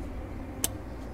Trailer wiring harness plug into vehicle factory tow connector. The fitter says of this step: Then we can just match up our plugs, make sure they lock into place, and